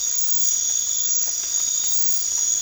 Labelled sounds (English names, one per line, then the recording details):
none
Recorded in pastures near Puerto Asís, Putumayo, Colombia, on 8 March 2025 at 01:30
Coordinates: 0.502, -76.324
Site GP07